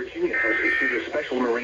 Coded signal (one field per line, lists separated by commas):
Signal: Emergency Alert System (SAME) tones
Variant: end-of-message bursts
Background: speech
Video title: HEY STERLING - YA DONE YET?????? EAS 1144 - 1204